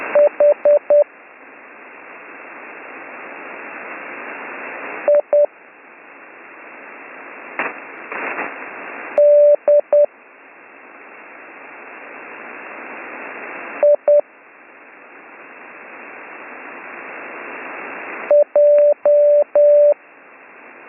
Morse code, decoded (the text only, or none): H I D I J